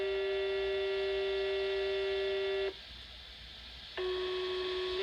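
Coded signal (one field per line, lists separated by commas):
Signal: pager alert tone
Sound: a steady buzzy tone for about 2.7 seconds, a short pause, then the same tone again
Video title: Monthly Siren Pager Test! (Only Pager Tones)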